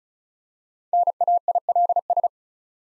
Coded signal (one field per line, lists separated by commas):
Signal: Morse code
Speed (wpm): 36 wpm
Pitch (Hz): 700 Hz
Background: none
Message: NAILS